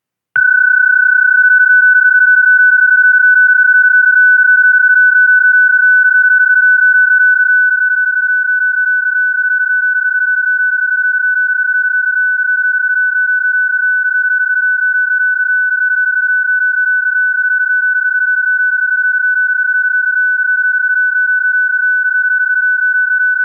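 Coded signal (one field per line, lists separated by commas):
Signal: PSK31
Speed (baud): 31.25 baud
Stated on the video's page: Data modes received on 20 meters.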